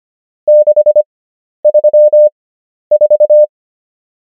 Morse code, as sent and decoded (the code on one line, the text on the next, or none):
-.... ...-- ....-
634